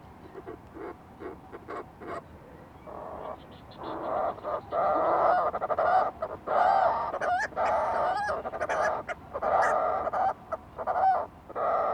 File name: fulmar prion